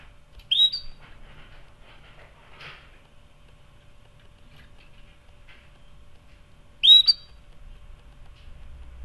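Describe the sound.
Canary calls: two bright upslurred whistled chirps about six seconds apart, with faint ticking sounds in a quiet background.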